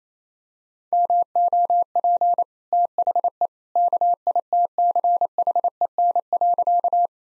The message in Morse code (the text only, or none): MOP THE KITCHEN.